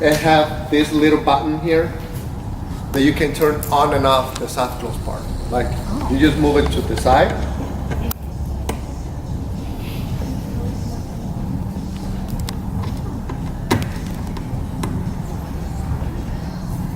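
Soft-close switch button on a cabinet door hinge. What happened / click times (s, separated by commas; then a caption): A small hinge switch is being handled; nothing clearly seats yet, though sharp ticks could be mistaken for a click / none. Someone talks while handling the small soft-close switch button on a cabinet door hinge, getting ready to slide it to the side to turn off the soft-close damper. After the talking stops, a few short, sharp ticks sound over a steady low hum. The switch has not clicked into the off position yet.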